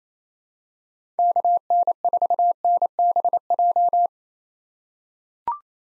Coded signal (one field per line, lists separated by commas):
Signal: Morse code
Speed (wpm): 28 wpm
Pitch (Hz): 700 Hz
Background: none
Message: KN4NBJ